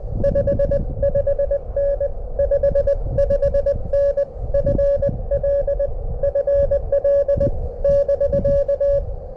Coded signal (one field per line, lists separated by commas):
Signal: Morse code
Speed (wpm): 20 wpm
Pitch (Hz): 1700 Hz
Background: none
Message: 55N 55N FL FL <BK>